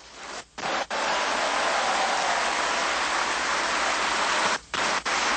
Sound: applause